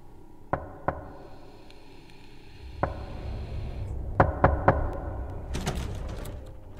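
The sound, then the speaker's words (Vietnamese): Sharp, hollow knocks on a door come from somewhere outside at night in scattered groups, including a quick run of three followed by a softer knock, over a low rumbling background with no voices. “Thỉnh thoảng đâu đó ở bên ngoài kia, tiếng gõ cửa 3 nhịp 1 lại vang lên.”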